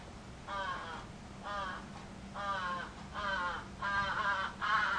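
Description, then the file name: Crow giving a sequence of hoarse caws that grow louder toward the end, with a faint low hum in the background. Recorded 11 July 2011. "karasu 110711 0823"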